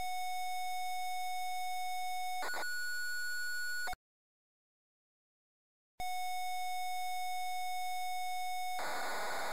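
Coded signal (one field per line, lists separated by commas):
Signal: computer data on cassette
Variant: Amstrad CPC cassette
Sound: steady buzzy lead tone, a short silence, lead tone again, then harsh data noise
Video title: Darkman (Amstrad CPC) - Full tape loading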